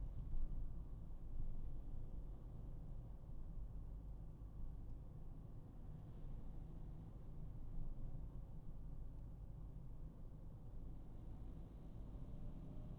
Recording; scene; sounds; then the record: everyday scene through a hearing-aid microphone; in a vehicle; engine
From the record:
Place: Berlingo II, diesel engine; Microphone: behind the ear, right, front